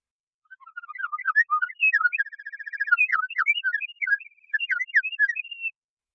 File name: Winter Wren